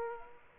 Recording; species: mosquito wingbeat signal from an infrared sensor; Aedes aegypti